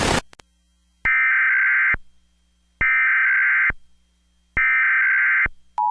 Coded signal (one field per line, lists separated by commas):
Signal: Emergency Alert System (SAME) tones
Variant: header bursts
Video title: (SSTEAS reupload) 10 ½ Years on Youtube Top 10 EAS Required Monthly Tests